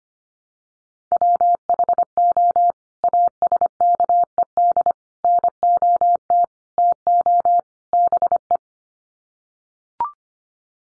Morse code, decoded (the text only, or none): WHO ASKED NOT TO BE